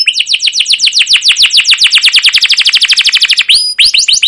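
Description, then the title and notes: Canary singing a rapid, even roll of high falling chirps, then a clear whistled note and a renewed burst of chirps. Caged canary song used as a lure and tutor for young canaries learning sounds; long, continuous chirping-and-rolling style called cuit cuit ngerol, gacor panjang. "CUIT CUIT NGEROL LANGSUNG GACOR PANJANG Kenari Ini AMPUH Utk Pancingan KENAR. PANCINGAN Kenari GACOR PANJANG Cuit CUIT EMOSI ini AMPUH utk MASTERAN Kenari PAUD belajar BUNYI. burung kenari"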